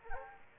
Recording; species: mosquito wingbeat signal from an infrared sensor; Aedes aegypti